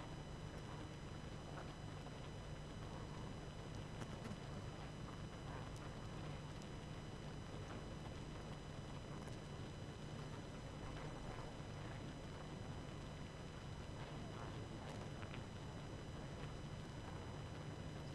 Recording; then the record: honeybee colony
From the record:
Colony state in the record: active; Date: 12 June 2018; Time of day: 21:51